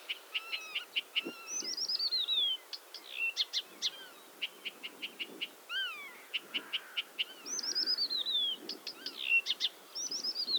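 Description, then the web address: Blyth's reed warbler singing a varied, unhurried song of dry clicks, buzzy repeated notes and drawn-out descending whistled trills, each motif repeated several times. "Struikrietzanger. graszanger acrocephalus dumetorum"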